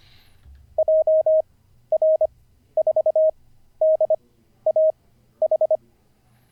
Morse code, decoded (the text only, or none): JR4DAH